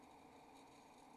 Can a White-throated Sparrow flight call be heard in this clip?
no